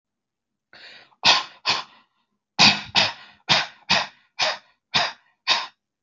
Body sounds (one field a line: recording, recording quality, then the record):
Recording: shallow voluntary cough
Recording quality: excellent, no background noise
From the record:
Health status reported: healthy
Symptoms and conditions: none ticked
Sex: male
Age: 58 years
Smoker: not ticked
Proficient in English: yes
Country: India